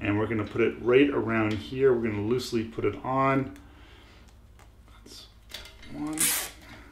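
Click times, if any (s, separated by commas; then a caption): none. Someone talks while loosely putting a second plastic zip tie around the Filzer dZ4LW-3 computer's speed sensor to fasten it to a bike fork, with the sensor's speed text and circle arrow facing the wheel and spokes. A few faint, soft ticks follow in the quiet after the talking. The tie is still being handled and nothing has seated or clicked home yet.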